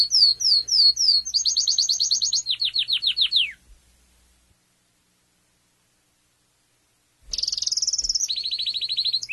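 Canary song: fast rolling trills of repeated sweeping notes changing phrase every second, a few seconds of silence, then another bright trilled phrase.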